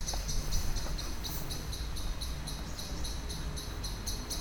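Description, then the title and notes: Common blackbird alarm: faint repeated clicking notes at an even pace, partly masked by a broad low-pitched background noise. Excited scolding while flying from tree to tree; Lütticher Straße, Cologne, in the morning; cyclists and pedestrians on the sidewalk in the background; nearfield recording. "cologne, lütticherstrasse, amsel. amsel aufgeregt schimpfend fliegt von baum zu baum, im hintergrund fahrradfahrer und fussgänger auf dem bürgersteig, morgens"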